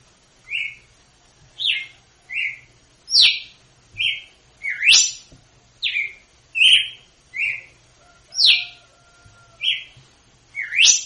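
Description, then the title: Red-cowled cardinal delivering a long series of clear whistled notes, mixing short falling slurs with sharper upswept ones. Female's 'açoite' song, used to teach young birds; Northeast Brazil singing style. "Canto Galo Campina Fêmea. GALO DE CAMPINA/ AÇOITE PARA ENSINAR FILHOTE (CANTO DO NORDESTE)"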